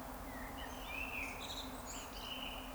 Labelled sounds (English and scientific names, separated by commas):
Eurasian Woodcock (Scolopax rusticola) whistle